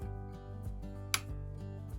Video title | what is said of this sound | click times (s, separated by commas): How to wind a bobbin on a Juki TL 2010Q - Anyone can sew! #DIY #tutorial #simpleliving | Did you hear that? It clicked in. | 1.1 s